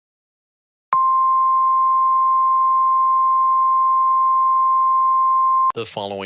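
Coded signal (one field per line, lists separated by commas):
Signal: Emergency Alert System (SAME) tones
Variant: 1050 Hz attention tone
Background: speech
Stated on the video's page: Fictional EAS scenario, not a real alert.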